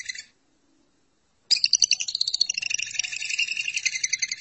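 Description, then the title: Lovebird chatter: a brief burst of high twittering, a pause of about a second, then a steady rapid pulsed chattering that continues to the end. "BM Suara Burung Lovebird"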